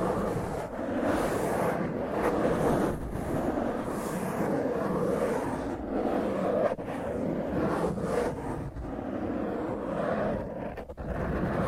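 Fingernails scratch roughly and hard across a microphone, making a dense, continuous rasping roar that stays loud for the whole twelve seconds. The grinding texture shifts constantly, with brief dips and sharp bright scrapes near 1, 6.5, 8 and 11 seconds.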